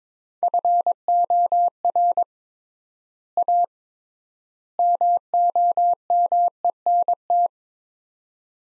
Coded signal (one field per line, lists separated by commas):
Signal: Morse code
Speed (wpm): 22 wpm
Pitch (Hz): 700 Hz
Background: none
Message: FOR A MOMENT